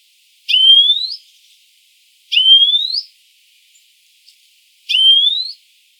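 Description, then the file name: European Greenfinch giving three long, nasal rising whistles, spaced roughly two to two and a half seconds apart, with quiet pauses between them. "Chloris chloris"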